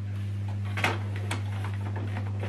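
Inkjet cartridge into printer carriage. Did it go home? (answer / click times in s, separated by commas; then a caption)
no / none. A tri-color plastic ink cartridge is handled at the carriage slot of an HP DeskJet 4120e all-in-one wireless printer, with a few light plastic taps and rubs over a steady low hum. The cartridge has not clicked or seated yet.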